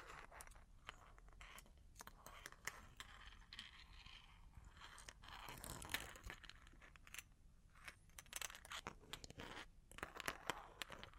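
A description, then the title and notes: Long claws tap and scratch in a busy, uneven stream of sharp clicks and rasping strokes throughout. The bright taps come in quick clusters, with denser bursts around six seconds and again near nine to eleven seconds, over a faint low hiss. Long Claws Tapping and Scratching (No Talking).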